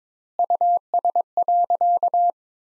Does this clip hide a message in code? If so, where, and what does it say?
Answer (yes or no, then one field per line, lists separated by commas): yes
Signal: Morse code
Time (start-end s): 0.4-2.3 s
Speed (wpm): 22 wpm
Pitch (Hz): 700 Hz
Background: none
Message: US.